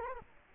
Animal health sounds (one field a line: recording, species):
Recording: mosquito wingbeat signal from an infrared sensor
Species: Culex quinquefasciatus